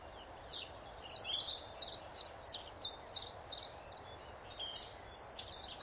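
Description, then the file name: Eurasian blackcap song, a fast scratchy warble of high notes repeated in quick succession, with a faint steady background hiss. "Sylvia atricapilla"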